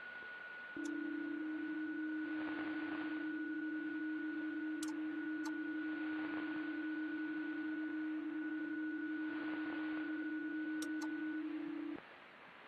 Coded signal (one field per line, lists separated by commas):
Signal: PSK31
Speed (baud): 31.25 baud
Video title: IK8XLD - SAT NO-84 PSK31 QSO with CT1EIF, rx IK7UFX,M0NPT